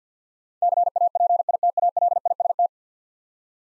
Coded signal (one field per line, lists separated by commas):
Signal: Morse code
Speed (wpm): 50 wpm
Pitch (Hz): 700 Hz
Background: none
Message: CAPITALIST